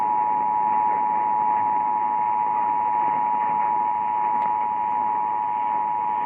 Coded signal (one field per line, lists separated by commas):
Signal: Emergency Alert System (SAME) tones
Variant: 853 and 960 Hz attention tone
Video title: Denver EAS Required Monthly Test (October 10, 2019)